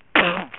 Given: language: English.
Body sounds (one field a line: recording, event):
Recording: throat vibration sensor signal played as sound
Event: cough